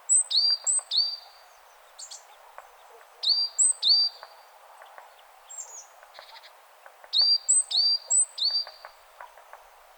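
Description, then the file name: Great tit calling in quick runs of sharp two-pitched whistles, three bursts across the stretch, with faint clicks and background noise. "Parus major"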